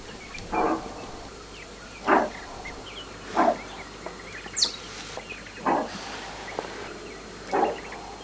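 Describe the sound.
Greater kudu calls: short, rough, bark-like bursts repeated at irregular intervals over steady background hiss, with one brief high bird note midway.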